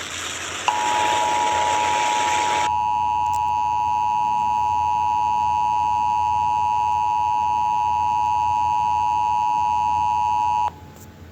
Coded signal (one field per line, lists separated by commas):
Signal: Emergency Alert System (SAME) tones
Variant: 853 and 960 Hz attention tone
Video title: Emergency Alert System ( Micah 2:10 )